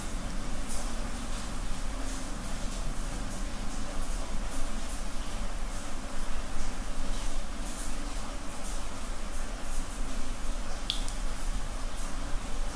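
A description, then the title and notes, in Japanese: Rain falls in a steady, dense hiss that fills the whole clip, with scattered brighter drips tapping every second or so. A distinct single drop lands sharply near the eleventh second. A low, continuous rumble sits underneath throughout. 雨と水滴の音。ホワイトノイズよりの音となります。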